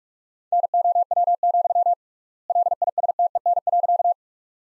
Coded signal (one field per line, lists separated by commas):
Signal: Morse code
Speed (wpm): 46 wpm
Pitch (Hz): 700 Hz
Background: none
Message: NOW, LISTEN.